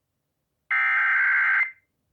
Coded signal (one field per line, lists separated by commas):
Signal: Emergency Alert System (SAME) tones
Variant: header bursts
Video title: TORNADO DRILLS... EAS Alerts from 3/5/19 - 3/27/19 (EAS #2,084 - 2,111)